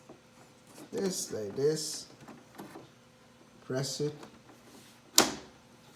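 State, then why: Seated. After cleaning, the two pieces of a GE dehumidifier's filter are put back together, and the filter frame piece is pressed into the filter housing while someone talks. A sharp plastic snap at 5.2 s shows the frame seating on one side.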